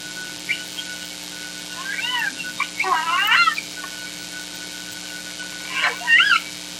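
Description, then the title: Killer whale calls, several overlapping upswept and arching squeals in quick sequence, then another call, over a constant mechanical drone of boat noise. Southern Resident killer whales, K and L pods, calling amid boat noise in inland waters of Washington, in a year when they were scarce there. "K & L pods call in boat noise at Orcasound Lab"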